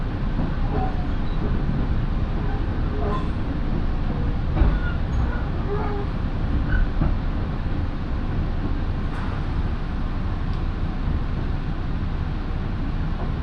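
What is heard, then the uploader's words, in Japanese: A Minobu Line local train rolls on with a steady, dense low rumble, with faint squeals and clicks around the middle. 身延線普通 芝川→身延。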